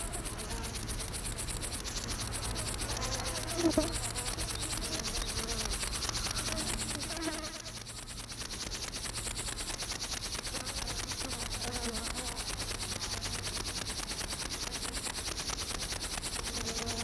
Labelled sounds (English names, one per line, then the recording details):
Upland Field Grasshopper stridulation
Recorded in the wild
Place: Blankenfelde, Berlin, DE
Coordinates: 52.625, 13.404
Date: 1992-07-19 11:33
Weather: wolkig - sonnig, 22°C, Wind
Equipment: Marantz CP 430, Sennheiser ME 80, Kopie Tesla B 116
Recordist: Tembrock, Günter